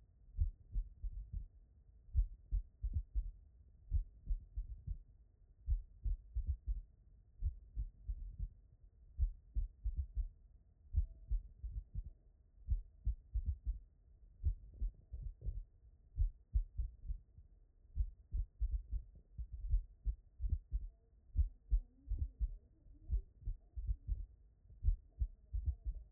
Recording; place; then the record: heart sounds by stethoscope; tricuspid valve (TV)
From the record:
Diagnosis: non-HFrEF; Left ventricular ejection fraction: 45%